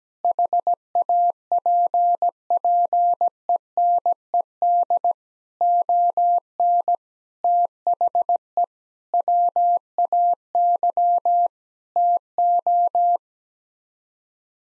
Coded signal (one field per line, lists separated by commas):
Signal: Morse code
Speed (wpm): 17 wpm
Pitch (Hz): 700 Hz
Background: none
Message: HAPPENED ON THE WAY TO